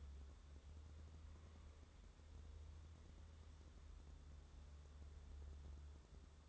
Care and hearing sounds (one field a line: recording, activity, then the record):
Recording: daily activity, microphone in the room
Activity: wipe stove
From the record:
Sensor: 3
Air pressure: 1015.0 hPa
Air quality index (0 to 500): 63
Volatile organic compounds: 1 ppm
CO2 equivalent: 830 ppm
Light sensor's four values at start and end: 15/39/15/16 and 15/39/15/16